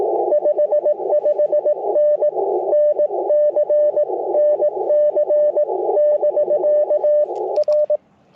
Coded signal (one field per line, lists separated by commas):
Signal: Morse code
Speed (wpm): 20 wpm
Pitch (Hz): 590 Hz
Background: radio noise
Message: 55N NC NC <BK> R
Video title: Icom IC-705 First Impressions - QRP CW POTA 9/24/23 @ Tuskegee National Forest (K-4451)